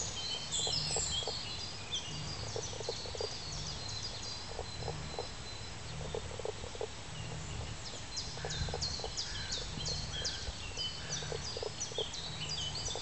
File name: Pelobates fuscus